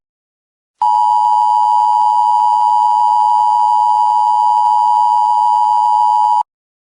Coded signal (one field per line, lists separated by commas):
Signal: Emergency Alert System (SAME) tones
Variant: 853 and 960 Hz attention tone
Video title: Unsolved: The Broadcast | Analog Horror/EAS Scenario